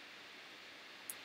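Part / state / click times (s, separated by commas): cable connector into 3D printer control board header / seated / 1.1 s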